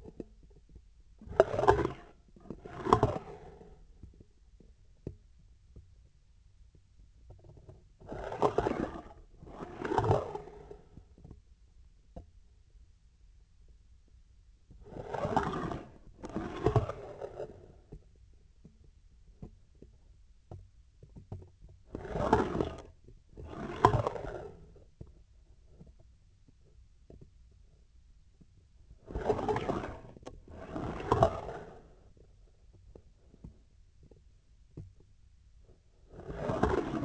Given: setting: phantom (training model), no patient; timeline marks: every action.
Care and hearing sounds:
laparoscopic instrument, vibration sensor on the handle end; scissors
1.18-2.15 s: retracting movement
2.33-3.82 s: approaching movement
7.99-9.18 s: retracting movement
9.36-10.93 s: approaching movement
14.76-16.04 s: retracting movement
16.18-17.75 s: approaching movement
21.87-22.92 s: retracting movement
23.34-24.91 s: approaching movement
29.03-30.18 s: retracting movement
30.51-32.11 s: approaching movement
36.10-37.05 s: retracting movement
From the record:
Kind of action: spatial motion

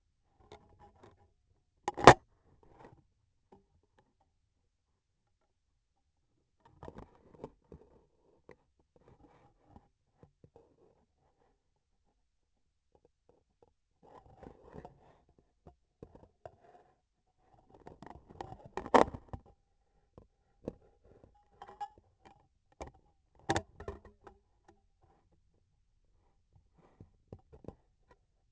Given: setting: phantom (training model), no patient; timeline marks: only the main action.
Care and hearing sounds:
laparoscopic instrument, vibration sensor on the handle end; scissors
1.57-2.37 s: cutting thread
From the record:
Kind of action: gesture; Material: cotton thread

